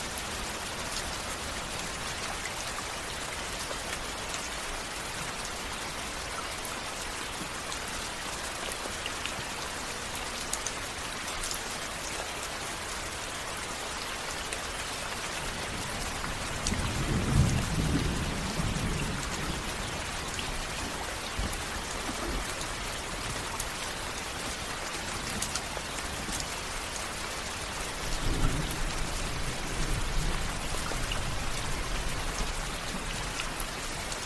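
Heavy rain drums steadily and densely on a tent roof, a constant bright hiss with crisp droplet hits throughout. Low rumbles of thunder roll in around seventeen seconds and again near twenty-eight seconds, each swelling briefly beneath the rain before fading.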